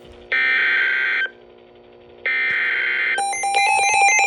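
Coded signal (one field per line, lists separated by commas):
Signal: Emergency Alert System (SAME) tones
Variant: header bursts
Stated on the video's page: NOAA Weather Radio severe thunderstorm warning.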